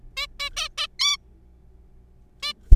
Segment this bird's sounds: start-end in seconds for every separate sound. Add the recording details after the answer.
0.17-0.26, 0.40-0.50, 0.57-0.68, 0.78-0.87, 0.99-1.17, 2.43-2.52. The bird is a juvenile. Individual R3428